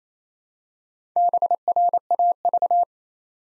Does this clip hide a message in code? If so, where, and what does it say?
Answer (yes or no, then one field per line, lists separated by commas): yes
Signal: Morse code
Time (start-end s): 1.2-2.8 s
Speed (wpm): 27 wpm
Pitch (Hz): 700 Hz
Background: none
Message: BRAV